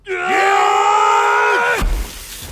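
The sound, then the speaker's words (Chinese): Two men, the Tie brothers, roar loudly together in one long, sustained bellow that swoops up in pitch, holds steady for over a second, then drops off abruptly into a low rumbling tail. “感受到寄生的蓝银草带来的麻痹，眼看着周围大量的蓝银草朝二人扑来，铁氏兄弟对望一眼，再次大吼出声。”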